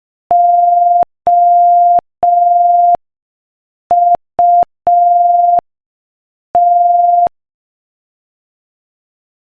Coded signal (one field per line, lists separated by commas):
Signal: Morse code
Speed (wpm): 5 wpm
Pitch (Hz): 700 Hz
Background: none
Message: OUT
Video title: Morse Code Practice: 5 wpm Joke #5